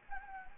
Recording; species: mosquito wingbeat signal from an infrared sensor; Anopheles gambiae